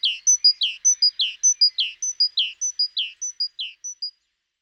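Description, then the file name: Great tit song, a clear high note followed by a lower slurred note, repeated evenly several times before stopping. "Parus major"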